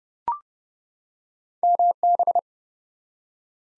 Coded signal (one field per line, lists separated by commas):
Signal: Morse code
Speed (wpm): 30 wpm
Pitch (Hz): 700 Hz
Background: none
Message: MB